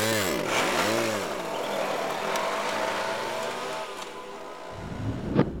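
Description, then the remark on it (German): A car engine revs hard, its pitch swooping up and down twice before settling into a steady, loud driving roar that shifts tone near the end, with no voices. “Na, den fahr ich über den Haufen.”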